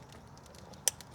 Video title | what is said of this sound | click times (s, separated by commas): Will this make it to 300,000 mile? | There we go, you hear the little pop noise. | 0.9 s